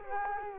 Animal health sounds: mosquito wingbeat signal from an infrared sensor; Culex quinquefasciatus

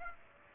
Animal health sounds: mosquito wingbeat signal from an infrared sensor; Aedes aegypti

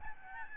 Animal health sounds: mosquito wingbeat signal from an infrared sensor; Aedes albopictus

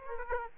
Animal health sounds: mosquito wingbeat signal from an infrared sensor; Aedes aegypti

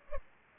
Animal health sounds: mosquito wingbeat signal from an infrared sensor; Culex pipiens

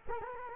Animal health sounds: mosquito wingbeat signal from an infrared sensor; Culex quinquefasciatus

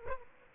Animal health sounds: mosquito wingbeat signal from an infrared sensor; Aedes aegypti

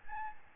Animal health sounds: mosquito wingbeat signal from an infrared sensor; Aedes albopictus

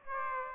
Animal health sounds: mosquito wingbeat signal from an infrared sensor; Aedes aegypti

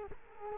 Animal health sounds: mosquito wingbeat signal from an infrared sensor; Culex quinquefasciatus

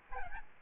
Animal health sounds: mosquito wingbeat signal from an infrared sensor; Aedes albopictus

